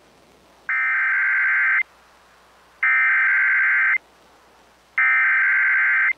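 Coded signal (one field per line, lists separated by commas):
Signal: Emergency Alert System (SAME) tones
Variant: header bursts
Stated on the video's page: Tornado warning for Waverly, Iowa, received on NOAA Weather Radio.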